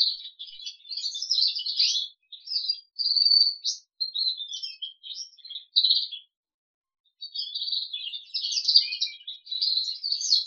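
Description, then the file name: Crested canary song, a fast twittering run of high buzzy and chirping notes, with one steady whistled note, pausing for about a second before resuming. "audio kenari jambul"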